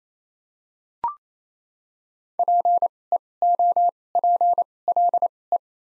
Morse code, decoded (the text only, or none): P E O P L E